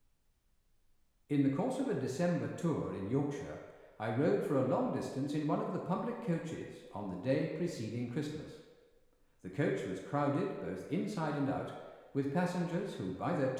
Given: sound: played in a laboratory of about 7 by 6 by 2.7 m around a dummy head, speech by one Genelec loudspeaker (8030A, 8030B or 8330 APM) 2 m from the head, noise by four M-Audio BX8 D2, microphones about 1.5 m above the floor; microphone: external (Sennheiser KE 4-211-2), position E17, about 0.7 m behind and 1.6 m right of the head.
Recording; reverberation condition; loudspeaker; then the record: male speech in English; high; 90 degrees to the right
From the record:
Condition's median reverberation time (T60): about 1300 ms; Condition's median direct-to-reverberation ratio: about -4.0 dB